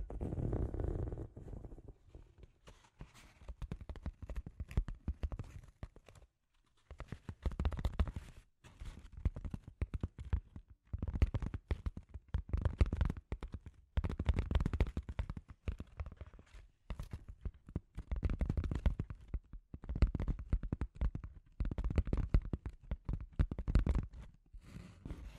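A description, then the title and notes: Scratchy tapping fills the recording as dense clusters of quick, dry clicks and scrapes, spread from low thumps to bright edges. The bursts come in uneven runs with brief pauses around six and ten seconds. ASMR The Trigger You Need for Sleep Scratchy Tapping (No Talking).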